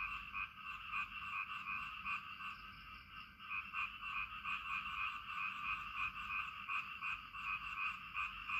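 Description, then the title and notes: Frogs croaking in chorus, busy overlapping pulsed calls in two pitch bands, rhythm slightly uneven, with a constant wash of rain below. "Frog Time. Frog and Rain"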